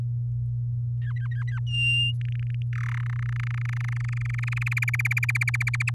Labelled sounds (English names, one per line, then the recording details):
Domestic Canary song
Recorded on 11 May 2018 at 06:12
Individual llb16